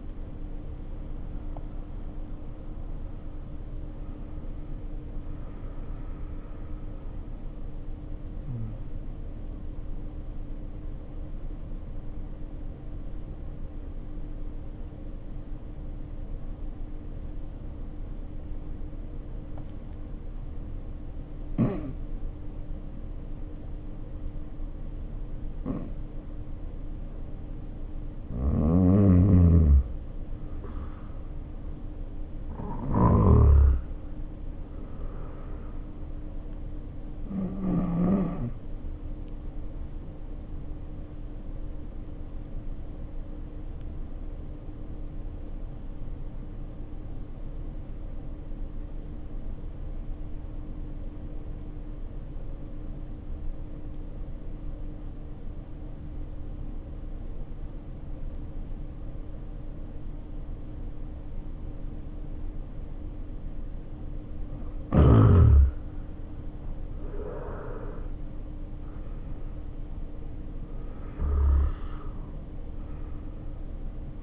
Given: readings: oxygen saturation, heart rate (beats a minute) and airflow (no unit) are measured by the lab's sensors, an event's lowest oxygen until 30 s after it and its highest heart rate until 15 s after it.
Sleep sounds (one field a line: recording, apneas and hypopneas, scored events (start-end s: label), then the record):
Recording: breathing in sleep by a smartphone at the bedside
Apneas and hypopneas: 2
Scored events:
7.00-30.60 s: hypopnea (N1, oxygen 96% highest, then 85% lowest, heart rate 58 at the start, 64 highest)
41.00-67.30 s: hypopnea (N1, oxygen 94% highest, then 78% lowest, heart rate 63 at the start, 72 highest)
49.00-74.23 s: new sleep stage, N2 (light sleep)
From the record:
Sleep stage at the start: N1 (lightest sleep)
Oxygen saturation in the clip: 75 to 96%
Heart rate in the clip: 54 to 73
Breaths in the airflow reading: 9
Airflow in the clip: -7.1 to 8.5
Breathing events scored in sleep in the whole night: 520 in 7.2 hours asleep